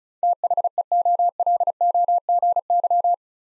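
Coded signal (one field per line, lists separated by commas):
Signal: Morse code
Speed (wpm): 36 wpm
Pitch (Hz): 700 Hz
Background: none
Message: THEOLOGY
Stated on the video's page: Head-copy drill of eight-letter words at 35 wpm, each word sent in Morse, spoken, then sent again.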